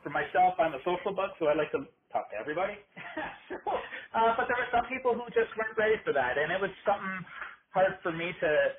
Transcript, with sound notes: For myself I am a social bug, so I like to talk to everybody. (he chuckles) But, there were some people there who just weren’t ready for that, it was hard for me to